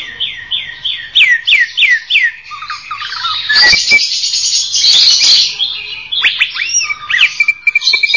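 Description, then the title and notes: Greater green leafbird song starting with a series of repeated upswept whistles, then a harsh, noisy scratchy burst before looping whistles and a short trill return. Champion-grade cucak ijo song. "Kicau Burung Cucak Ijo Juara. Suara kicauan burung cucak ijo"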